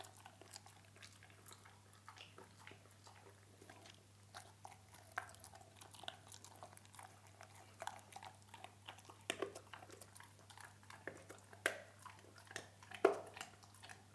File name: Hund frisst